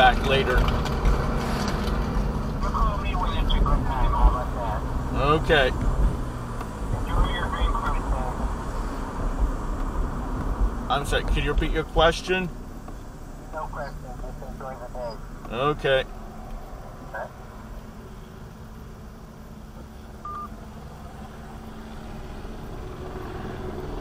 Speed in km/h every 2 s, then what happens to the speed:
27, 35, 39, 44, 42, 35, 21, 13, 6, 5, 5, 8.
0-5 speeds up to 44. 8-16 brakes to 6. 16-24 steady at about 5.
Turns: none.